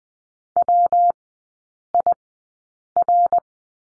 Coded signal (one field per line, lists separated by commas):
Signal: Morse code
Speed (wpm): 20 wpm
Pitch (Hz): 700 Hz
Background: none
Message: WIR